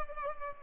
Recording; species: mosquito wingbeat signal from an infrared sensor; Culex pipiens